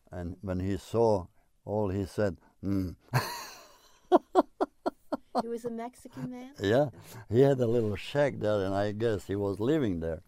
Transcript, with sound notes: and when he saw, all he said, Mmm. (he laughs heartily)
It was a Mexican man?
(laughs) Ya. He had a little shack there and I guess he was living there.